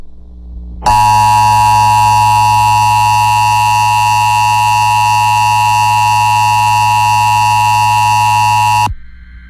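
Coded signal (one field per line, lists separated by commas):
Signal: Emergency Alert System (SAME) tones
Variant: 853 and 960 Hz attention tone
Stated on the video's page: EAS station relaying alert from a bad source.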